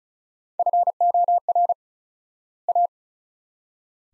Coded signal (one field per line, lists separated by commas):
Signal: Morse code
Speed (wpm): 36 wpm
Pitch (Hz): 700 Hz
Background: none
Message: FOR A